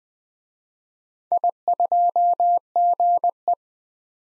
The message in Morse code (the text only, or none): I2GE